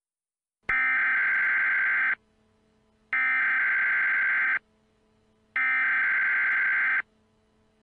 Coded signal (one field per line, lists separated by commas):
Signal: Emergency Alert System (SAME) tones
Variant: header bursts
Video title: EAS Scneario#8: Grave Digger Grim Part 2